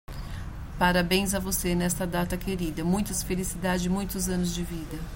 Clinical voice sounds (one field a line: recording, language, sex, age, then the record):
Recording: short text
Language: Brazilian Portuguese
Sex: female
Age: 40 to 49 years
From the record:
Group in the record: control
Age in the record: 48 years